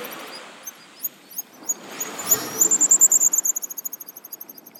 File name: Pigeon Guillemot Cepphus columba